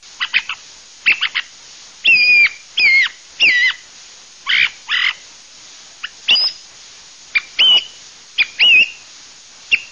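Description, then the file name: Thrush: loud bursts of harsh notes mixed with clear whistled, slurred phrases, in uneven groups throughout with short pauses between them. "TORDOZAPPAVIGNA"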